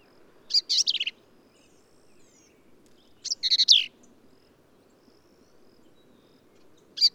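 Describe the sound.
Black-capped vireo delivering harsh, jumbled phrases of buzzy notes, a few seconds apart, with quiet between them.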